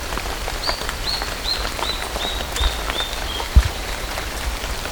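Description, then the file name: Bird giving a series of about eight short, high whistled notes, each slightly lower than the last, over steady background noise with scattered clicks. "SABIOD 50 bird 2015"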